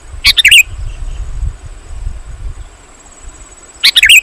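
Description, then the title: Sooty-headed bulbul giving two short bubbly chirping phrases at start and end, separated by a gap of low rumbling noise. "kutilang"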